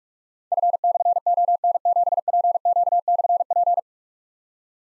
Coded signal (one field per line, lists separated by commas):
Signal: Morse code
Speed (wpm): 44 wpm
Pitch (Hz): 700 Hz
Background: none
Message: F/ON7PQ/P